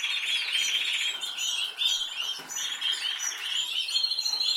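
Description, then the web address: Canary song: a quick trill that gives way to a run of sharp, repeated chirps and varied twittering notes. "Canari Seda Canari"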